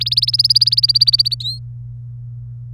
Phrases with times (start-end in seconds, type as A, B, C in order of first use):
0.00-1.35 A, 1.40-1.59 B